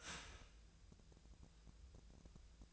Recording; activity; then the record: daily activity, microphone in the room; start toaster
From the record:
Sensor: 2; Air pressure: 1000.1 hPa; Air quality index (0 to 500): 150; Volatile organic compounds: 2 ppm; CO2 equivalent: 1272 ppm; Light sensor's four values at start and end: 24/61/26/28 and 24/60/25/28